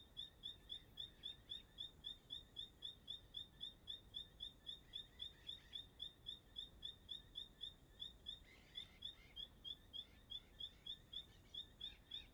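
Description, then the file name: Bird song of rapid high chirps, evenly pulsed about four per second like a cricket, over a steady low background rumble. Recorded at dusk in Chapada dos Veadeiros park; the bird sings like a cricket. "Entardecer no Parque da Chapada dos Veadeiros com passaro cantando como um grilo"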